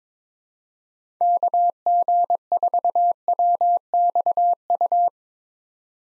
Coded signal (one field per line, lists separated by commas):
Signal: Morse code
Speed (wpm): 22 wpm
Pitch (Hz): 700 Hz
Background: none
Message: KG4WXU